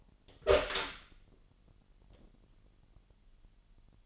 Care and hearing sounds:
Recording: daily activity, microphone in the room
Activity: open door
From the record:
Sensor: 4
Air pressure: 999.2 hPa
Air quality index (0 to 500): 117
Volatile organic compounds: 2 ppm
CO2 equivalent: 1149 ppm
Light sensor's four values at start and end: 12/30/12/13 and 13/32/12/14

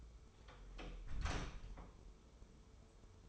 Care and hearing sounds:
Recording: daily activity, microphone in the room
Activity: close door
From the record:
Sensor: 1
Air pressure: 1015.2 hPa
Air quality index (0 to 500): 156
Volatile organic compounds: 9 ppm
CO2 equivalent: 2164 ppm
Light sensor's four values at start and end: 14/33/14/15 and 14/33/14/15

